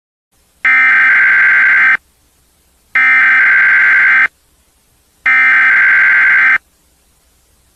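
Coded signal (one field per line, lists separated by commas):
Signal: Emergency Alert System (SAME) tones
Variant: header bursts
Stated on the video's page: Fictional EAS scenario of World War III, not a real alert.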